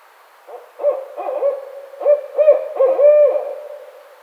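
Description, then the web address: Barred owl giving a run of wavering hoots that build in loudness and end in a longer drawn-out note. Recorded 29 May 2009. "Barred Owl 2009 05 29"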